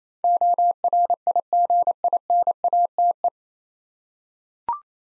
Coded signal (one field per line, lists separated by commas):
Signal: Morse code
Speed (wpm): 27 wpm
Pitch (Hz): 700 Hz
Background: none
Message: ORIGINATE